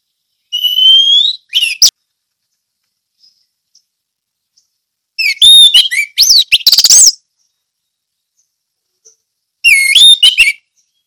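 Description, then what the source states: Orange-headed thrush song: a high whistled phrase with stacked harmonics, then bursts of rapid, varied chattering notes and a final sweeping phrase, separated by silent pauses. Sung in the ngeplong song style.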